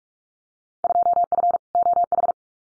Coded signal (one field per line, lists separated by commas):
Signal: Morse code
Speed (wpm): 44 wpm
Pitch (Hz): 700 Hz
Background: none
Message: 2F OH